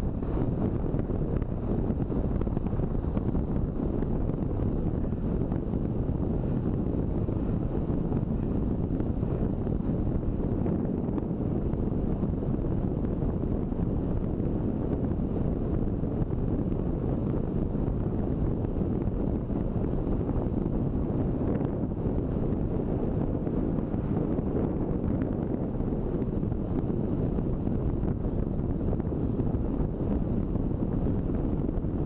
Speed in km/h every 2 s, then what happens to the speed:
49, 48, 46, 45, 43, 43, 41, 41, 41, 42, 42, 43, 43, 44, 44, 44.
0-12 slows to 41. 12-32 steady at about 42.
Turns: none.